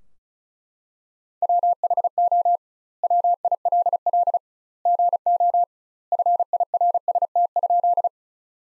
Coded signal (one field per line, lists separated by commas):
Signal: Morse code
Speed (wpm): 34 wpm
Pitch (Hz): 700 Hz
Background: none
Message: WHO WILL GO FIRST?